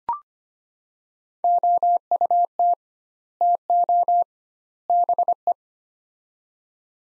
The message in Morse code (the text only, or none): OUT TO BE